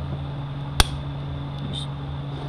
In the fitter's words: Push it all the way in until it clicks into place.